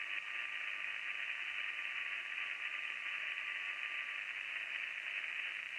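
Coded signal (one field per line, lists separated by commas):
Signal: FT8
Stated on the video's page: 5 watts into an indoor magnetic loop antenna, with noise from a dirty laptop charger interfering.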